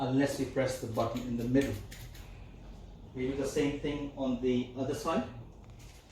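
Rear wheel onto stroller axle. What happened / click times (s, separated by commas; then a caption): Handled, not yet home: no seating click, only talk and light handling / none. Someone talks while the second big rear wheel of an ickle bubba STOMP V4 stroller is handled at the other side of the axle, about to be pushed on like the first one. Only soft handling noises are heard, with brief faint ticks near 5.6 and 5.7 s. Nothing has clicked or seated yet when the clip ends.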